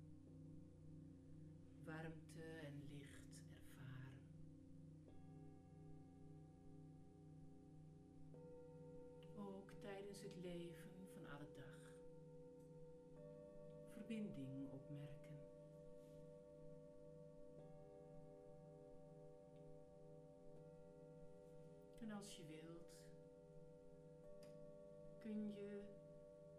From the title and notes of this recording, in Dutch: Het is vooral een ontspannende meditatie met klankschalen en gong.